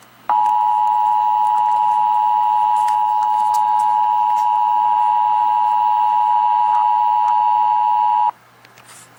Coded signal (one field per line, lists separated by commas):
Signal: Emergency Alert System (SAME) tones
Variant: 853 and 960 Hz attention tone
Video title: {FICTIONAL} REDVILLE COUNTY EAS ALARM